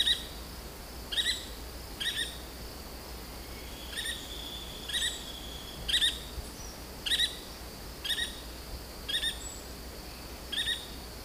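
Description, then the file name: Yellow-fronted woodpecker calls: brief, harsh high notes repeated roughly once a second, with a steady high whine in the background. "canto do benedito de testa amarela"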